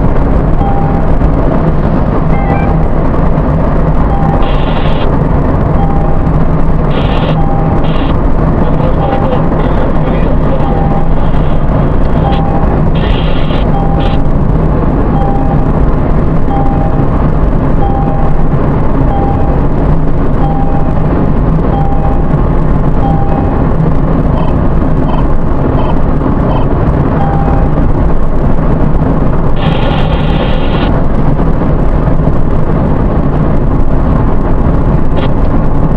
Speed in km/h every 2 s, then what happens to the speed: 92, 90, 90, 90, 90, 90, 88, 88, 88, 88, 88, 88, 88, 90, 88, 88, 88, 88.
0-36 steady at about 88.